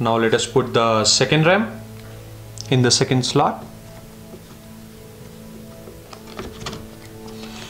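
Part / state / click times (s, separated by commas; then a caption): RAM module into motherboard DIMM slot / not seated / none. Someone talks while a second Corsair Vengeance RGB PRO RAM module is handled and lined up with the second DIMM slot of a TUF Gaming Z590 Plus motherboard. Quiet handling follows, with brief taps near 6.4 s and 6.7 s and a sharper knock at 7.7 s. Nothing has seated or clicked yet.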